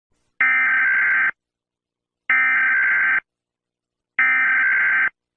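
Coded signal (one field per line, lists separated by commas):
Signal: Emergency Alert System (SAME) tones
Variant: header bursts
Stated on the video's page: Fictional simulated emergency alert scenario.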